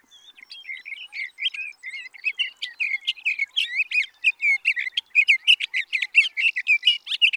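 Sage thrasher song, starting softly then building into a hurried stream of warbled notes, growing louder toward the end.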